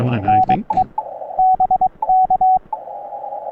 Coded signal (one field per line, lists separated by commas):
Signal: Morse code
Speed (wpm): 22 wpm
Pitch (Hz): 750 Hz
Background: speech, radio noise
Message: NE BK